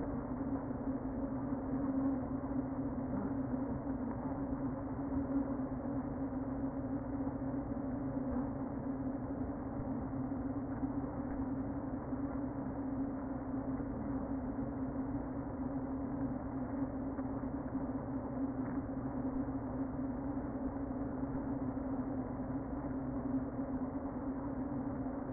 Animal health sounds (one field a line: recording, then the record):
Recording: honeybee colony, microphone inside the hive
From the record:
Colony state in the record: queen present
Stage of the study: before two queens were removed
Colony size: about 60,000 bees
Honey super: yes